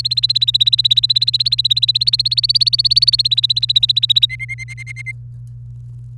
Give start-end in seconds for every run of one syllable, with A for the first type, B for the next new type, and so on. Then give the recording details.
0.00-4.26 A, 4.29-5.12 B. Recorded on 29 April 2018 at 05:46. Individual llb3